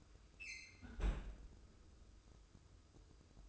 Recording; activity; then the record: daily activity, microphone in the room; close fridge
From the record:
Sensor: 2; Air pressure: 995.1 hPa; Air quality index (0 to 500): 67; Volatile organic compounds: 2 ppm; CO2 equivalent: 1155 ppm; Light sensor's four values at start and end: 18/56/22/21 and 18/56/22/21